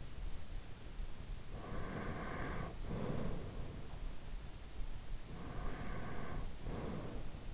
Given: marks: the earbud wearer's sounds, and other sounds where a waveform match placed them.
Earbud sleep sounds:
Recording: sounds in sleep by an in-ear microphone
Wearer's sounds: breath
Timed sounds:
1.37-3.89 s: breath
5.32-7.54 s: breath

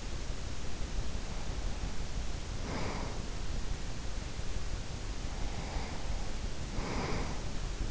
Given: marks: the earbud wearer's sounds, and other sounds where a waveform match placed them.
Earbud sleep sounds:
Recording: sounds in sleep by an in-ear microphone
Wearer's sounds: breath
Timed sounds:
1.20-3.69 s: breath
4.73-7.91 s: breath

